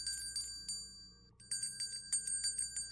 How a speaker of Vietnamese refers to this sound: Tiếp đến, ông ra bàn thờ tổ thắp hương rồi lấy một chiếc chuông nhỏ đã chuẩn bị sẵn mà rung lên 3 hồi.